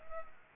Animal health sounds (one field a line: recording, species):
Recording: mosquito wingbeat signal from an infrared sensor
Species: Culex pipiens